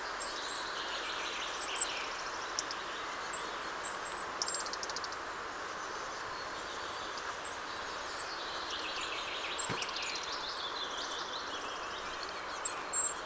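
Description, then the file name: European robin uttering sparse high, thin notes and short trills at uneven spacing, with faint lower warbling and continuous hiss behind. "Erithacus rubecula"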